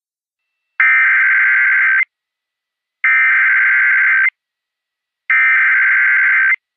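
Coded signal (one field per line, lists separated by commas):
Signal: Emergency Alert System (SAME) tones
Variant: header bursts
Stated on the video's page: Simulated EAS scenario based on real Flash Flood and Severe Thunderstorm Warnings.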